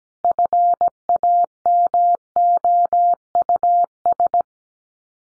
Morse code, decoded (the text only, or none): FAMOUS